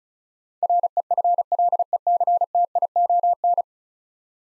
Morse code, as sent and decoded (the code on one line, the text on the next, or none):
.-. . ..-. .-.. . -.-. - .. --- -.
REFLECTION